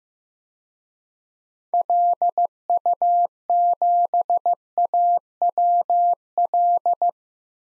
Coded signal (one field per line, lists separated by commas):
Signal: Morse code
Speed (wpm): 15 wpm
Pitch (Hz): 700 Hz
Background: none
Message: LU7AWL